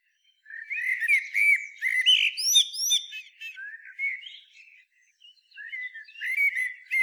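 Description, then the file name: Common blackbird song: fluty whistled phrases that end in higher squeaky twitters, in bursts separated by short pauses, with a gap near five seconds. "Turdus merula"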